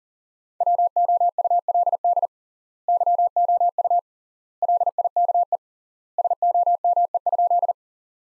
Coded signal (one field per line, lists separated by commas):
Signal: Morse code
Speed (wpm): 40 wpm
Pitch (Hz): 700 Hz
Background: none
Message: WOULD YOU LIKE SOME?